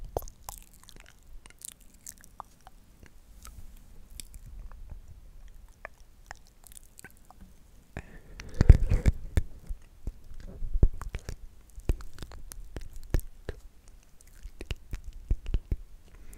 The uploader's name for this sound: ASMR INTENSE MOUTH SOUNDS